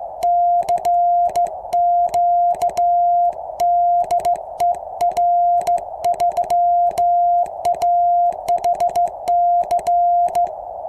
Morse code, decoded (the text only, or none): CQ DE R3AHC